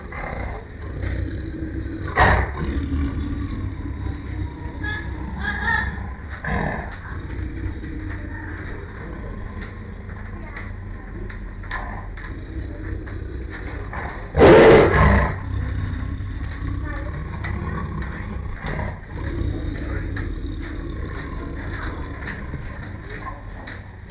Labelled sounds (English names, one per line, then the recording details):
Tiger
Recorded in captivity
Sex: male
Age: adult
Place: Tierpark Berlin, Berlin, DE
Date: 1959-07-28
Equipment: Smaragd
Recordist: TSA
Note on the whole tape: Satan: Fauchen, Grollen und Knurren. Abstand 2 m. Aufnahmezeit: 7.15-8.30 Uhr